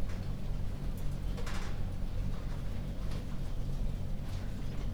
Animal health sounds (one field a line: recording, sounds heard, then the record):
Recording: poultry house recording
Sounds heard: no chicken sound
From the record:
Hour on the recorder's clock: 22